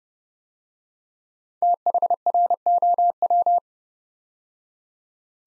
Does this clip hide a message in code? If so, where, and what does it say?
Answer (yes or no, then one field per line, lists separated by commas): yes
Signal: Morse code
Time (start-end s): 1.6-3.6 s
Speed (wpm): 28 wpm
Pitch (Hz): 700 Hz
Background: none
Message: THROW